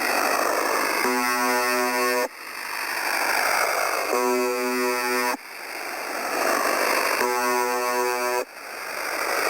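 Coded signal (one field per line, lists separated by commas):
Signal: channel marker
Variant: UVB-76 (The Buzzer)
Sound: three harsh low buzzes, about one second each, repeating every three seconds through hiss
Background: radio static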